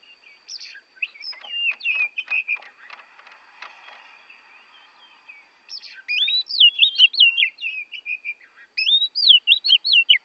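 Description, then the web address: Oriental magpie-robin song: a scratchy, chattering passage, then bright looping whistles and trills delivered in rapid bursts. Borneo form; a recording used for training songbirds (masteran). "kacer borneo. masteran kacer"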